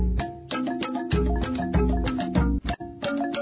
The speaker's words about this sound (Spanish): Luego vinieron los tambores.